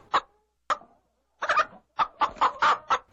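A hen clucks in short, choppy bursts: a few spaced clucks at first, then a quicker run of six or seven in a row, fairly loud, with no one speaking.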